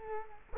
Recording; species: mosquito wingbeat signal from an infrared sensor; Culex quinquefasciatus